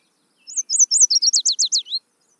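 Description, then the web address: Warbler delivering a short, rapid song of about ten high notes: rounded chirps give way to crisp down-swept notes, ending on a lower note. "mmainguy immersive 2. warbler"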